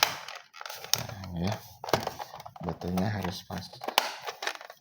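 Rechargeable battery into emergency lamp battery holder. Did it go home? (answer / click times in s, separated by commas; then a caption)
no / none. A replacement rechargeable battery is handled and pressed into the battery holder of a Krisbow emergency lamp (or similar), where it has to fit exactly. Someone talks while sharp taps and knocks from the handling come through, loudest near 0.9 s and 1.9 s. Nothing has seated or clicked yet by the end of the clip.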